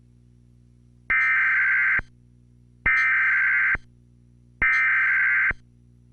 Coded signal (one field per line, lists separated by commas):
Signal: Emergency Alert System (SAME) tones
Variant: header bursts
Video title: EAS (Tornado Warning) 12 October, 2016